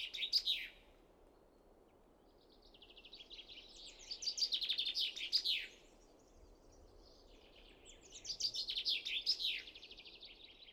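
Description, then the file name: Common chaffinch song: descending trilled phrases in a few bursts, over constant low background noise. "Fringilla coelebs"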